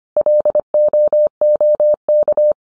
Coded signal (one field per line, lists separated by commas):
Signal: Morse code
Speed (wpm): 25 wpm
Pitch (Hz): 600 Hz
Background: none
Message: LOOK